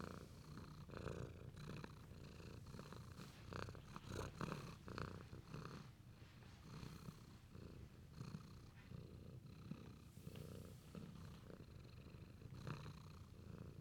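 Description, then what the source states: Cat purring steadily with a low rumbling throb. Affectionate cat purring.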